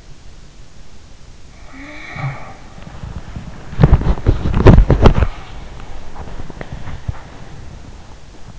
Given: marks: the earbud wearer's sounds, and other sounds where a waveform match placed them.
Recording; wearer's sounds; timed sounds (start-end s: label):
sounds in sleep by an in-ear microphone; snoring breath, body movement
1.48-2.73 s: snoring breath
3.37-8.59 s: body movement